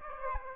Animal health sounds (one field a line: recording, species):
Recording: mosquito wingbeat signal from an infrared sensor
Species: Aedes aegypti